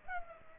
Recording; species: mosquito wingbeat signal from an infrared sensor; Culex pipiens